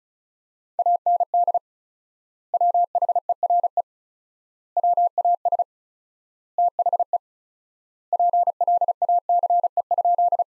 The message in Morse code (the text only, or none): AND WHERE WAS THE PLACE?